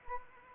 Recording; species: mosquito wingbeat signal from an infrared sensor; Anopheles arabiensis